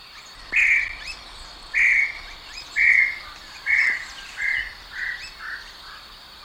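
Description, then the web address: Tataupa tinamou calling, a series of whistled notes that come faster and grow softer toward the end, over a quiet hiss. Recorded in Ecuador. "Birds of Ecuador. Tataupa Tinamou"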